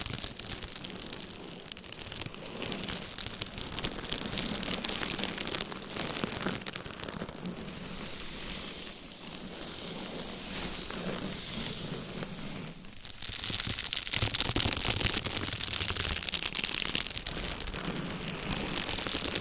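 Mic scratching fills the whole stretch: dense, fast rustling and crackling over a low rumble, with a hissy, bright texture that shifts in tone from section to section. A brief dip in the scratching comes just before the thirteen-second mark, then it returns brighter and louder.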